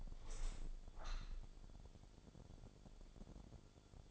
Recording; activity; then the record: daily activity, microphone in the room; open window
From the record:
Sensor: 5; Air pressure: 1006.5 hPa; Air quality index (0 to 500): 180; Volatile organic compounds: 5 ppm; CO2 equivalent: 1712 ppm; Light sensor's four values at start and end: 57/161/63/64 and 57/161/63/64